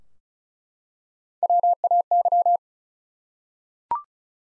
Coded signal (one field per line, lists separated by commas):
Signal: Morse code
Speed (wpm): 36 wpm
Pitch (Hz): 700 Hz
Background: none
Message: WAY